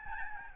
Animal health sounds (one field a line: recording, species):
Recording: mosquito wingbeat signal from an infrared sensor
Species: Aedes albopictus